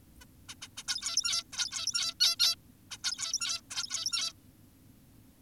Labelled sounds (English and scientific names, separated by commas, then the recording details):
Zebra Finch (Taeniopygia guttata)
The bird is an adult
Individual g17y2U